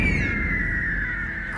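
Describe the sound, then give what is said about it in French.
An eagle lets out one long, shrill screech that holds steady and slowly slides down in pitch, sounding loud and piercing over a constant low background rumble. “Je vous présente le redoutable aigle venimeux.”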